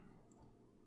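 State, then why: Not seated. The plastic arm of a ZetaToys ZC02 Skystrike transforming robot toy is handled as it is extended toward its clicked-out position. Only soft, steady, low handling noise is heard, with no sharp transients. Nothing has clicked or seated yet.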